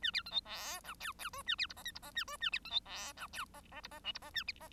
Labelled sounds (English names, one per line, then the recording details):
Bengalese Finch song
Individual Bird1